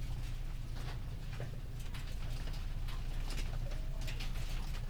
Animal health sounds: poultry house recording; healthy chickens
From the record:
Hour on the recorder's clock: 19

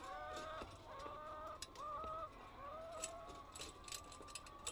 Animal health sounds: poultry house recording; healthy chickens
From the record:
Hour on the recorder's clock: 7

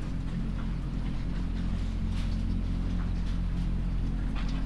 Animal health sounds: poultry house recording; sick chickens (respiratory disease)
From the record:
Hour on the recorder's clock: 21

